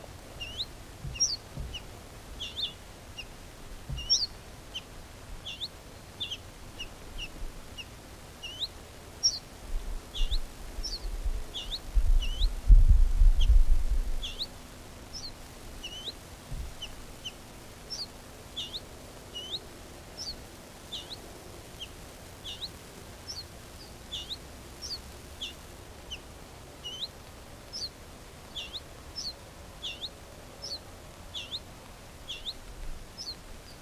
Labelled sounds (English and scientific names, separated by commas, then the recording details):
Ortolan Bunting (Emberiza hortulana) alarm call
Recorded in the wild
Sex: male
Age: adult
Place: Schloß Holte-Stukenbrock, Senne, Nordrhein-Westfalen, DE
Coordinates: 51.8667, 8.65861
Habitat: edge of the woods
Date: 1966
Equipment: Uher 4000 Report-S, Bändchenmikro Beyer M 260, Parabolspiegel Polyester (470 mm)
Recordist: Conrads, Klaus